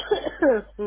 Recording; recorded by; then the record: voluntary cough; telephone call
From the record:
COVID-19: positive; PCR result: checked with the laboratory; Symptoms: no